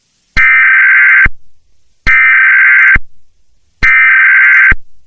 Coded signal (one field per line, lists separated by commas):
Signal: Emergency Alert System (SAME) tones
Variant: header bursts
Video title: (Eas Scenario/Analog Horror) Blue Moon Virus